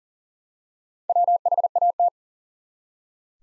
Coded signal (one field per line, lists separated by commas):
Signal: Morse code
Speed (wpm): 40 wpm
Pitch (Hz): 700 Hz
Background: none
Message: WHAT